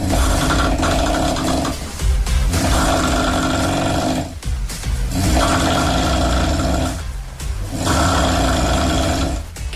At the end of each of those snores, there's this little reverberation that sounds like someone's walking across a very old wooden bridge. It's extremely rickety.